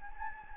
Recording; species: mosquito wingbeat signal from an infrared sensor; Anopheles gambiae